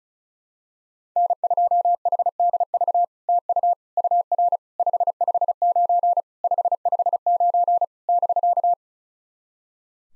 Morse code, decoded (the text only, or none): N2HDV TU UR 559 559 <BK>